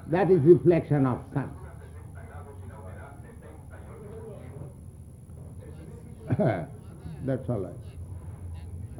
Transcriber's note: some outside radio noise